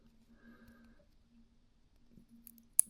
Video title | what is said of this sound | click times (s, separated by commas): Proste i jakże praktyczne | Ten rotor aż zaskoczy, a słychać takie klik. | 2.8 s